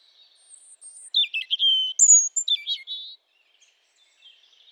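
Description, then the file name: European robin delivering a thin high note, then a sparkling phrase of descending trills and sharp warbled notes, ending after about two seconds. "Erithacus rubecula"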